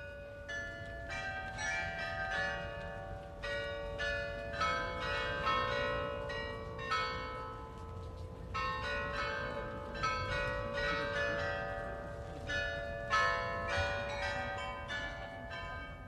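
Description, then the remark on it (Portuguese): Carillon bells of the new city hall in Freiburg, Germany, ring continuously in a rapid sequence of bright, high-pitched tones with lingering overtones, forming a steady melodic peal over a low background rumble, with no voices. “O agudo do carrilhão na nova prefeitura faz lembrar que quase todos os prédios históricos da cidade foram praticamente pulverizados e tiveram que ser reconstruídos.”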